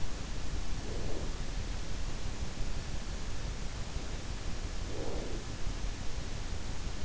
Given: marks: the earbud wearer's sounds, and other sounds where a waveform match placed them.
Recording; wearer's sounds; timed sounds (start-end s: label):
sounds in sleep by an in-ear microphone; breath
0.44-1.59 s: breath
4.70-5.78 s: breath